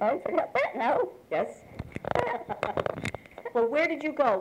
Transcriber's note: chuckles